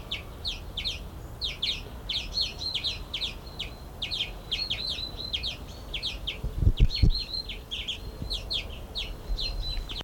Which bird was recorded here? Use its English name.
European Greenfinch